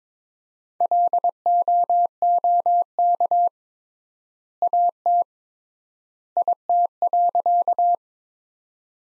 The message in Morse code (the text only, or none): LOOK AT IT.